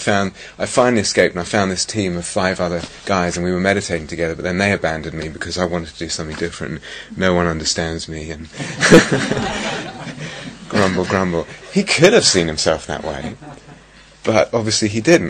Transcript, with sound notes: I finally escaped, and I found this team of five other guys, and we were meditating together, but then they abandoned me because I wanted to do something different. No one understands me." [laughter] "Grumble, grumble." He could have seen himself that way, but obviously he didn't.